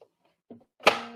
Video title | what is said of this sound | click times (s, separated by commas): AllBrands.com at the 2021 Houston Quilt Festival! - Saturday, October 30 PART 2 | you should hear it click into place and then you'll know it's attached | 0.9 s